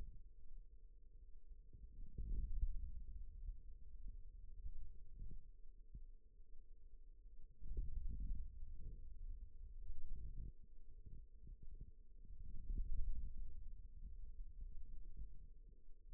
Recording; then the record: forearm muscle sounds (acoustic myography)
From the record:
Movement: ulnar deviation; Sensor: system 2, bracelet of six BSWA MPA416 microphones around the upper forearm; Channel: 4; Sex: male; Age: 22 years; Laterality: right